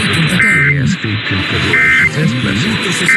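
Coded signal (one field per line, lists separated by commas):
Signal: Emergency Alert System (SAME) tones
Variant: end-of-message bursts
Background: speech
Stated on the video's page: IPAWS weekly tests received on eight stations.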